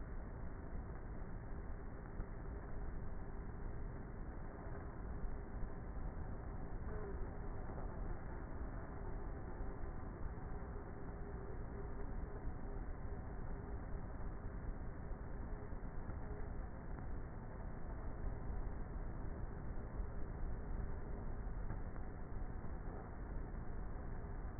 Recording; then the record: honeybee colony, microphone inside the hive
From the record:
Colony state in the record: queenless with a low population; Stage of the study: before two queens were removed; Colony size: about 30,000 bees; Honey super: no